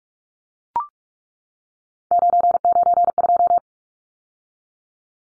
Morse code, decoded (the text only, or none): 992